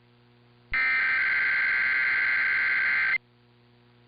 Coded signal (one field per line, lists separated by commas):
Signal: Emergency Alert System (SAME) tones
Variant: header bursts